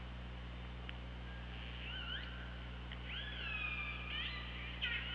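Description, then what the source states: Killer whale calls: a few clicks, then upswept and level tonal cries with harmonics, over a steady low hum. Recorded by OrcaLab hydrophone on 24 August 2017 at 15:23:08.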